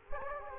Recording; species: mosquito wingbeat signal from an infrared sensor; Culex quinquefasciatus